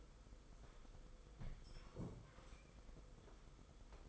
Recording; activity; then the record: daily activity, microphone in the room; sit down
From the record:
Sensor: 5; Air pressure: 990.8 hPa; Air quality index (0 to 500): 150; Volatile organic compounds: 163 ppm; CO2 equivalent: 4080 ppm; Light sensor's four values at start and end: 40/125/48/51 and 40/125/48/51